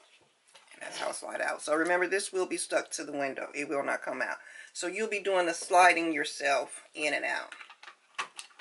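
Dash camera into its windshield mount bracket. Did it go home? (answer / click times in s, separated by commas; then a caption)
no / none. A car DVR dash camera body is handled by hand and slid along its plastic windshield mount clip while someone talks throughout. A few faint knocks and taps sound near the end, around 7.8 s and 8.4 s, but the camera has not yet snapped into the mount; nothing has seated or clicked yet.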